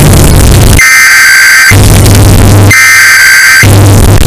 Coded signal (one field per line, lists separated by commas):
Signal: Emergency Alert System (SAME) tones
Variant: header bursts